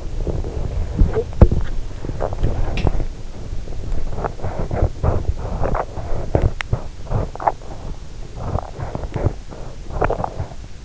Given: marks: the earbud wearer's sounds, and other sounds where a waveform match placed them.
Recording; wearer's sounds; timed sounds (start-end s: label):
sounds in sleep by an in-ear microphone; body movement
0.00-10.85 s: body movement